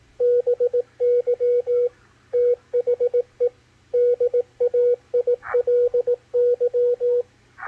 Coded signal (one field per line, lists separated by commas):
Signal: Morse code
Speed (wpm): 18 wpm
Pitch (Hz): 490 Hz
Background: none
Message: BY THE DAILY